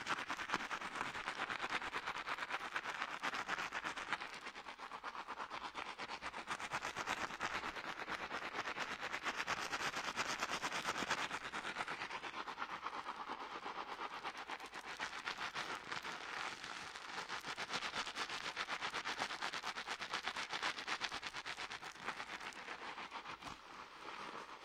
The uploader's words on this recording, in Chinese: 发廊小姐姐为你的头发做干洗。